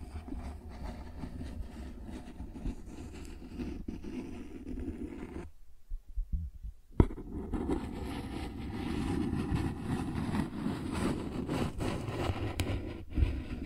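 Cardboard is scratched and rubbed in a dense, continuous rasp, mostly low and rough with little brightness, much like a rumbling engine. The sound stops for about a second and a half near the middle, then resumes with a sharp snap and grows slightly louder toward the end.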